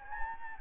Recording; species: mosquito wingbeat signal from an infrared sensor; Anopheles gambiae